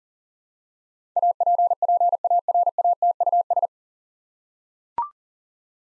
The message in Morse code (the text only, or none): APPARATUS